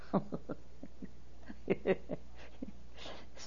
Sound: she laughs

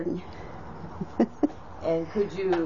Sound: laughs

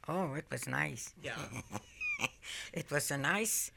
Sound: she laughs

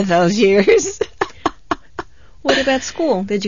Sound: she laughs

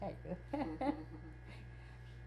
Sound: laughs

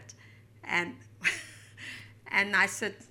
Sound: she laughs

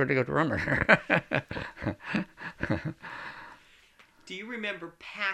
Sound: they laugh

